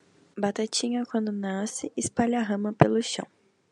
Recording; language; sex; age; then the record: short text; Brazilian Portuguese; female; 18 to 19 years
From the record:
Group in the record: control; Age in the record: 19 years